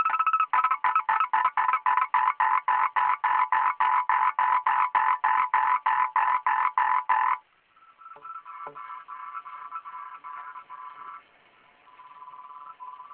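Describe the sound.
Frog croaking steadily in a long, fast train of rough pulses for about seven seconds, then quieter trilling croaks continue.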